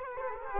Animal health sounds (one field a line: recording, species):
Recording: mosquito wingbeat signal from an infrared sensor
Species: Culex quinquefasciatus